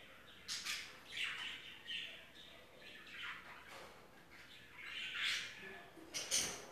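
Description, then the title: Budgerigar chattering, with harsh squawks and short chirps overlapping in quick, irregular bursts, a louder scratchy squawk near the end. "Budgie Sounds"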